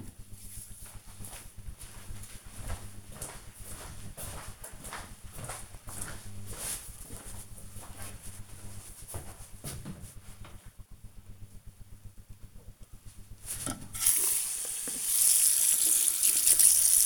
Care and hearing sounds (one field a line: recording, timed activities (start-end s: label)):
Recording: household activities, microphone on the right wrist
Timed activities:
12.26-17.06 s: washing hands